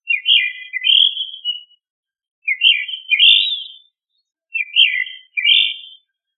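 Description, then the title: Bird singing three short phrases of clear, whistled, slightly warbling notes, each phrase made of two parts with brief pauses between them. "LuckyPassaros CompletosSama"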